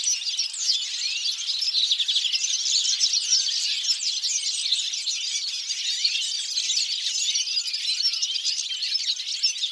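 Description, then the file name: European goldfinch twittering song, a dense continuous chatter of rapid high tinkling and buzzy notes overlapping throughout. "Carduelis carduelis"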